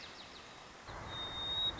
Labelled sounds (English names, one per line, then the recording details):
White-crowned Sparrow
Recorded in Sonoma County, California